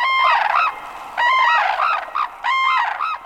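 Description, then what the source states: Red-crowned Cranes calling in unison, several loud phrases of bugling, trumpeting honks. A pair on a snow-covered field in northern Japan, facing one another with heads raised skyward, calling in unison before dancing.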